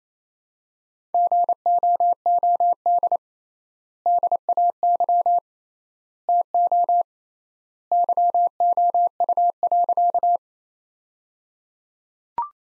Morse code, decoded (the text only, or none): GOOD DAY TO YOU.